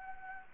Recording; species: mosquito wingbeat signal from an infrared sensor; Anopheles gambiae